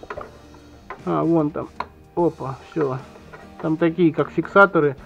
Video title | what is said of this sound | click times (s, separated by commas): SSD с Алиэкспресс,распаковка и установка. Установка Windows 7 и поиск драйверов! | щелчка это понял чтоб он там защелкнулся вон | 0.1 s, 0.9 s